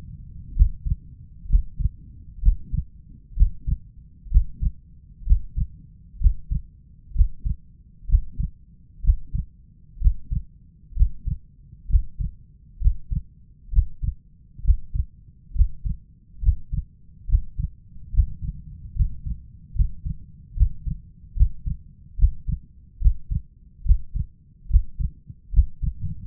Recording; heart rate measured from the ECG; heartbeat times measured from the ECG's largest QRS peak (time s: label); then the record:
heart sounds by stethoscope; 67 bpm
0.56 s: heartbeat
1.49 s: heartbeat
2.42 s: heartbeat
3.36 s: heartbeat
4.31 s: heartbeat
5.26 s: heartbeat
6.20 s: heartbeat
7.15 s: heartbeat
8.08 s: heartbeat
9.03 s: heartbeat
10.00 s: heartbeat
10.96 s: heartbeat
11.89 s: heartbeat
12.80 s: heartbeat
13.72 s: heartbeat
14.64 s: heartbeat
15.55 s: heartbeat
16.42 s: heartbeat
17.28 s: heartbeat
18.13 s: heartbeat
18.95 s: heartbeat
19.75 s: heartbeat
20.56 s: heartbeat
21.36 s: heartbeat
22.18 s: heartbeat
23.01 s: heartbeat
23.85 s: heartbeat
24.69 s: heartbeat
25.52 s: heartbeat
From the record:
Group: healthy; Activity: breath hold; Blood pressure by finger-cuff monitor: 164/106 mmHg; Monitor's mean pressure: 119 mmHg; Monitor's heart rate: 66 bpm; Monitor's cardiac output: 6.1 L/min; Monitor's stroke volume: 89 mL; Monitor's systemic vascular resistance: 1460 dyn s/cm5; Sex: male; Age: 23 years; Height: 179 cm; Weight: 87 kg